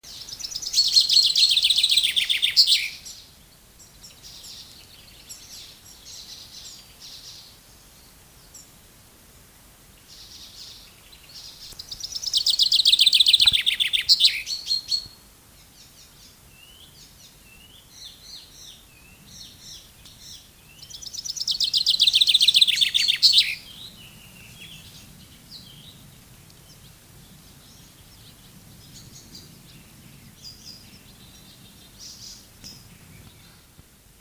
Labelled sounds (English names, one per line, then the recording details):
Common Chaffinch song
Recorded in the wild
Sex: male
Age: adult
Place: Berlin, OT Blankenfelde, Berlin, DE
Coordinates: 52.6333, 13.4167
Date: 1983-07-02
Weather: sunny, 16 °C, gusty northerly winds 2-3
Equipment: Nagra SN, Kopie Uher 4000 Monitor Report
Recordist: Tembrock, Günter
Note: Am Weg zwischen Blankenfelde und Arkenberge. Gesang